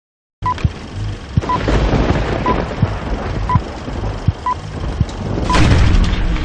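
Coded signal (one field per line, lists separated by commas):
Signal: none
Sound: intro music sound effects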